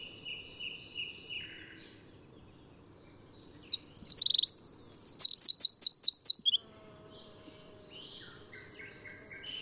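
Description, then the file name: Eurasian wren song: a loud three-second burst of rapid, high, sharply rising and falling trilled notes, with quieter faint whistles and chirps before and after. "Troglodytes troglodytes"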